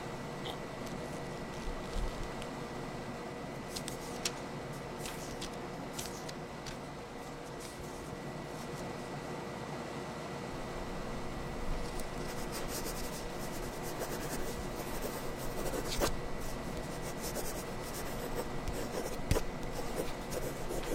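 Scratchy handwriting and soft page rubbing over a steady low hum, with scattered sharp ticks and taps growing busier after about twelve seconds.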